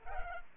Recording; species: mosquito wingbeat signal from an infrared sensor; Culex pipiens